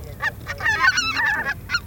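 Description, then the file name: Greater white-fronted goose: geese calling together, overlapping high yelping honks in a dense chattering chorus. Flock chorus, for an electronic hunting caller. "Белолобый базар Oche Lombardelle"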